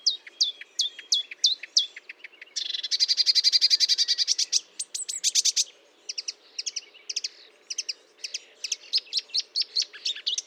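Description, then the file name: Marsh warbler song: sharp upswept whistles, then a fast buzzy rattling trill, followed by quick varied chirping phrases. Recorded at Fontaine-Française, Fourneau, on 1 June 2022 at 10:55, using Nagra and Telinga equipment. "Rousserolle verderolle 20220601 1055 Fontaine-Francaise-Fourneau-Nagra-Telinga"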